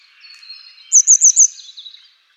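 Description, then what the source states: Grey wagtail giving four crisp, high, clipped call notes in quick succession. Nominate subspecies Motacilla cinerea cinerea.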